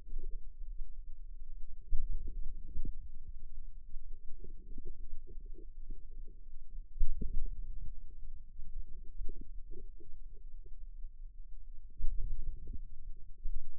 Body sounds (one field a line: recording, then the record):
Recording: forearm muscle sounds (acoustic myography)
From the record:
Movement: outward rotation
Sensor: system 2, bracelet of six BSWA MPA416 microphones around the upper forearm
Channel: 1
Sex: female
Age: 22 years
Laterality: right